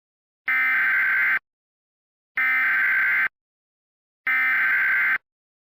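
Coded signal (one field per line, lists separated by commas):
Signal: Emergency Alert System (SAME) tones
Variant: header bursts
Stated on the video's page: Fictional scenario: a blizzard emergency alert, with voice actors.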